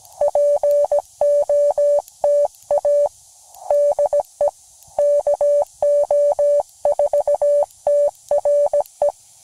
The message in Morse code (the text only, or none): POTA DE KO4TRE